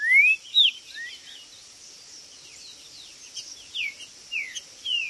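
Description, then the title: Green-winged saltator whistled notes: two bright slurs open, then fainter downward whistles return over a steady hiss and insect hum. Trinca-ferro chirping, singing and macheando (territorial male calling) in a contest; video intended to stir up and provoke a listening trinca-ferro. "Esse É PERFEITO Para ESQUENTAR Seu TRINCA Piando, Cantando E Macheando Na DISPUTA. O MELHOR VÍDEO de TRINCA FERRO que VOCÊ VERÁ em 2025! Cantando e MACHEANDO!!"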